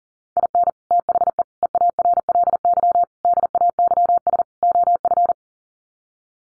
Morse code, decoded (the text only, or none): IN THE EARLY DAYS OF